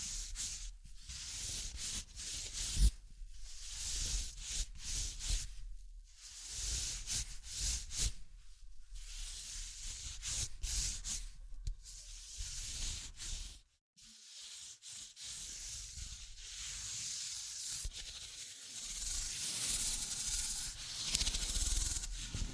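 Soft scratching and tracing noises with occasional light taps, shifting as the sound pans across. Rubbing, hissy strokes come in irregular bursts, with a sharp tap near three seconds and a brief silence around fourteen seconds before the brighter scratching returns.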